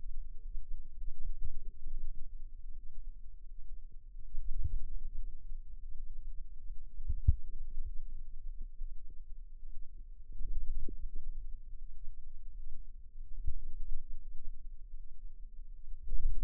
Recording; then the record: forearm muscle sounds (acoustic myography)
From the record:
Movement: radial deviation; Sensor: system 2, bracelet of six BSWA MPA416 microphones around the upper forearm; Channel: 6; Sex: female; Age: 23 years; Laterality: right